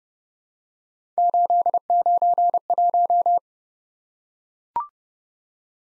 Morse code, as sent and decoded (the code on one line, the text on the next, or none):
---.. ----. .----
891